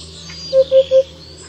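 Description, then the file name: Eurasian hoopoe giving one triplet of soft, even, low hooting notes in quick succession, with faint twittering of other birds in the background. "Dudek"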